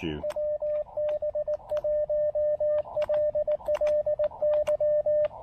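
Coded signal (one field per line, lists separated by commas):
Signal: Morse code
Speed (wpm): 19 wpm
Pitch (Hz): 620 Hz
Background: speech, radio noise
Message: WB1LLY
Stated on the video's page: QRP Morse during a POTA park activation at a state forest on a rainy day.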